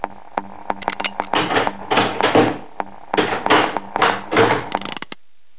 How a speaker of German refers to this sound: Die Tür ging auf.